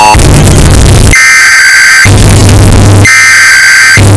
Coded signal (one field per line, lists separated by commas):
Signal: Emergency Alert System (SAME) tones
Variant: header bursts